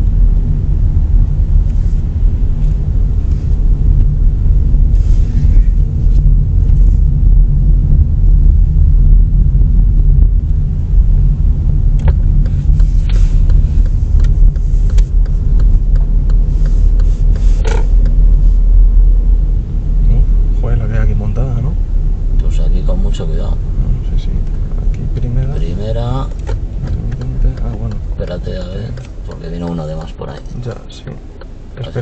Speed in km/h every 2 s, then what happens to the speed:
18, 18, 19, 19, 18, 16, 17, 21, 18, 18, 16, 14, 13, 7, 3, 0.
0-14 steady at about 18. 14-29 slows to 0. 29-32 standing.